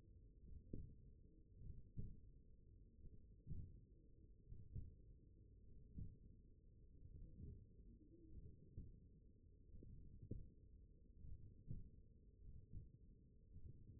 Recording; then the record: forearm muscle sounds (acoustic myography)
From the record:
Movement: hand opening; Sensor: system 1, eight BSWA MPA416 microphones around the upper forearm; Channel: 5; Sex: male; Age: 42 years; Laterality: right